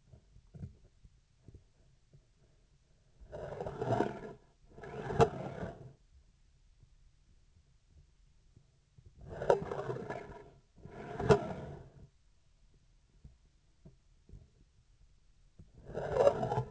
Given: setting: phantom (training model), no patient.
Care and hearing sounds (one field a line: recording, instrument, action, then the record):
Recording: laparoscopic instrument, vibration sensor on the handle end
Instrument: scissors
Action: approaching and retracting movements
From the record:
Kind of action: spatial motion